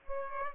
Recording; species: mosquito wingbeat signal from an infrared sensor; Aedes aegypti